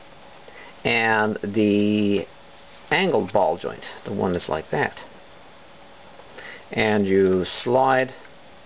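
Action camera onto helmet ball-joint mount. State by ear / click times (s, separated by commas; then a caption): not seated / none. An action camera is handled beside its plastic angled ball-joint helmet mount, ready to be slid onto the mount plate. Someone talks throughout, with quiet pauses between phrases. Nothing has seated or clicked yet.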